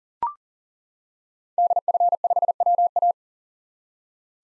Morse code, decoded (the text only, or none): DF5WA